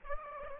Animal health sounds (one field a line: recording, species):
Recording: mosquito wingbeat signal from an infrared sensor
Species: Aedes aegypti